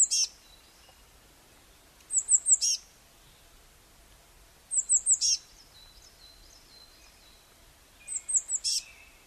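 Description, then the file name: Eurasian blue tit calls: clusters of sharp, high-pitched notes, each capped by a short scratchy burst, about every three seconds, with faint thin tones trailing after some phrases. "Cyanistes caeruleus"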